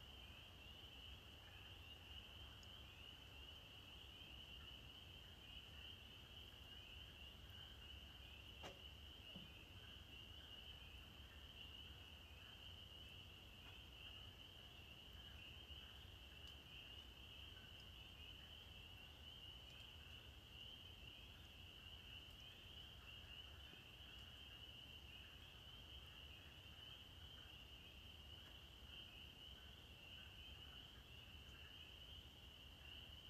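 Spring peepers, males in full chorus, form a dense, unbroken wall of high, bright peeps that shimmer like sleigh bells. The calls overlap so thickly they blur into a steady trill, with a low rumble underneath and a faint click near nine seconds.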